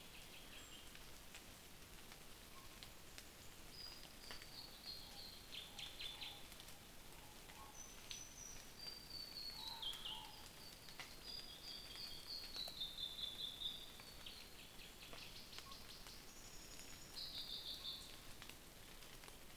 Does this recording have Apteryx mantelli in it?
no